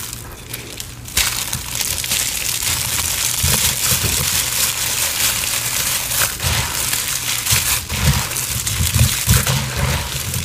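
Gym chalk and cornstarch are crushed and worked by hand in a dense run of soft, crunchy crackles and gritty rustles. After a quieter first second the texture turns steady and busy, with irregular louder squeezes and low thumps, especially around four and eight seconds.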